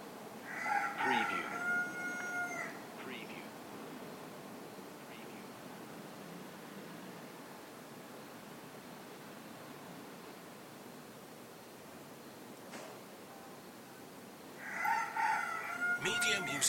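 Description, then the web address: Rooster crowing twice, about fourteen seconds apart: each crow is a loud, harmonic, drawn-out call; a sharp click sounds between them over steady background hiss. Roosters crowing in the morning. "the sound pack tree. morning with cockcrows"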